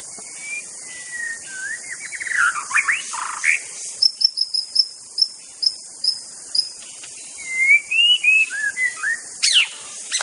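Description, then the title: White-rumped shama singing varied slurred whistles, then a run of high, quick repeated notes and more rising and falling whistled phrases over a steady high insect drone. Forest. "Suara burung murai batu hutan"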